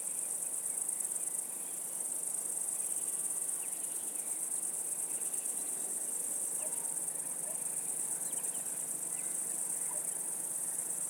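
Insects in a continuous high-pitched trilling chorus, a steady shrill band holding throughout, with faint scattered chirps beneath.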